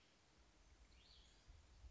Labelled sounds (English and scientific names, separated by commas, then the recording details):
Cassin's Vireo (Vireo cassinii)
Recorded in Sonoma County, California